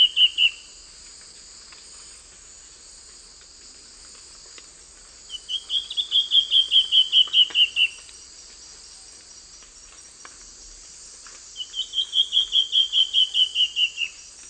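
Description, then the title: Bird giving rapid, regular trills of many clipped notes, gently descending, repeated every few seconds against a constant high hiss. "LuckyPassaro Completos2Sama"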